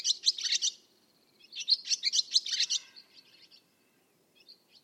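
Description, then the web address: Bird song: two dense chattering bursts of rapid high notes, then a few faint, thin trailing notes fading out. "Bird Only"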